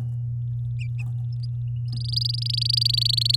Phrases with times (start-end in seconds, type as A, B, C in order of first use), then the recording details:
1.88-3.36 A. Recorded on 10 May 2018 at 10:21. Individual llb16